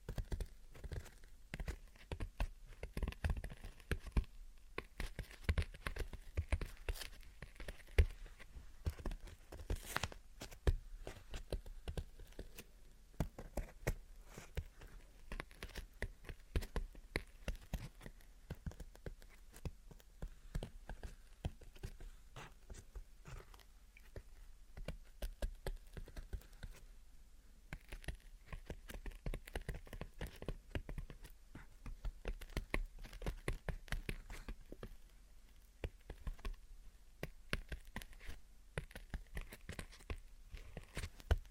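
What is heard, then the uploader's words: Gentle tapping and scratching runs for the whole stretch as a dense, irregular stream of short clicks and soft scrapes. The pace stays busy and uneven, with brief lulls near 5, 27 and 35 seconds, over a faint low hum. Gentle Tapping and Scratching. (No Talking).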